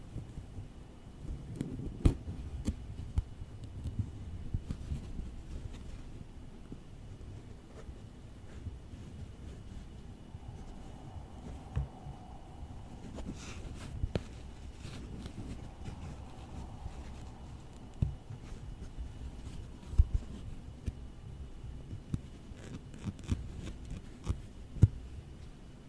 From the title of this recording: Close-up Tapping & Tracing Office Objects